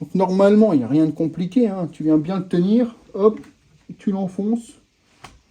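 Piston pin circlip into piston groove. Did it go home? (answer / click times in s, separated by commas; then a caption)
yes / 5.2 s. Someone talks while a steel wire piston pin circlip is pushed into its groove in the piston to retain the gudgeon pin. A short, sharp click is heard at 5.3 s as the circlip snaps into the groove and seats.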